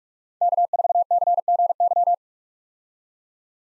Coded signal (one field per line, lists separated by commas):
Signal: Morse code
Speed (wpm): 46 wpm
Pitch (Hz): 700 Hz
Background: none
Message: K4CGY